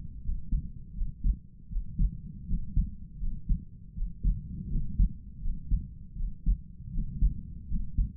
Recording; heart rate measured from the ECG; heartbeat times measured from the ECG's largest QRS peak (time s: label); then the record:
heart sounds by stethoscope; 81 bpm
0.21 s: heartbeat
0.93 s: heartbeat
1.68 s: heartbeat
2.45 s: heartbeat
3.18 s: heartbeat
3.93 s: heartbeat
4.67 s: heartbeat
5.40 s: heartbeat
6.15 s: heartbeat
6.90 s: heartbeat
7.66 s: heartbeat
From the record:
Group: healthy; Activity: rest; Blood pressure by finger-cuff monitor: 87/60 mmHg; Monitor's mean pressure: 67 mmHg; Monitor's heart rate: 81 bpm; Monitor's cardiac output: 5 L/min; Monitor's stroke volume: 62 mL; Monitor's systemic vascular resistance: 940 dyn s/cm5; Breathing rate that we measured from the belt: 24 breaths a minute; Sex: male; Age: 22 years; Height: 181 cm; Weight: 60 kg